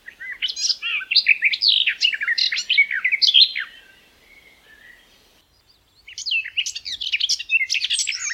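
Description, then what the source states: Garden warbler song: a fast, rich warble of varied, scratchy and mellow notes for about three seconds, a pause, then another bubbling phrase begins. May 2020.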